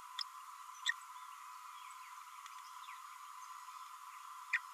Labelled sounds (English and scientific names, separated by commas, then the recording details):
Green-rumped Parrotlet (Forpus passerinus) babbling
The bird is a female
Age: 32 days
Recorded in a nest box in Venezuela
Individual 17B32A7